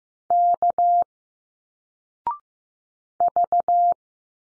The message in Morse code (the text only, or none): K V